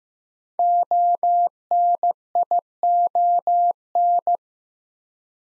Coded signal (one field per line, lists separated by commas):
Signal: Morse code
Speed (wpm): 15 wpm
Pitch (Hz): 700 Hz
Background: none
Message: ONION